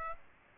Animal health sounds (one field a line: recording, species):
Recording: mosquito wingbeat signal from an infrared sensor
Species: Aedes aegypti